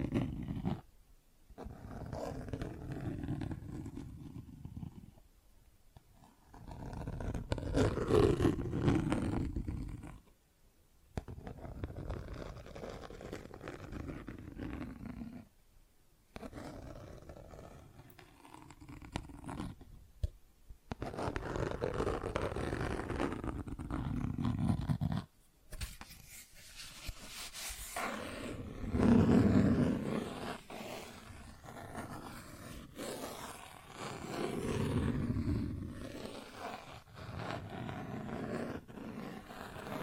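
Plastic objects scrape and rub in rough, low, growling stretches of several seconds, broken by brief silences, with a brighter scratchy burst near 26 seconds.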